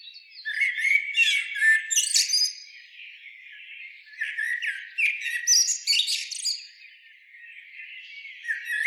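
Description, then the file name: Common blackbird singing in uneven phrases of warbles and squeaky, high twittered flourishes, with quieter gaps between bursts. "Turdus merula"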